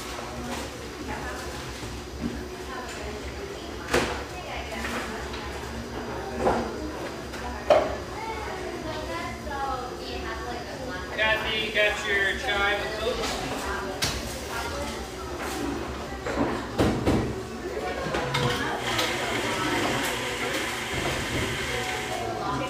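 Café murmur of overlapping voices over a steady low rumble, with sharp clinks at about 4, 6.5, 8 and 17 seconds.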